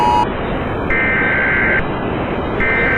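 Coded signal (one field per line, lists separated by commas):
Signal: Emergency Alert System (SAME) tones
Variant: header bursts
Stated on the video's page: Simulated alert scenario with music.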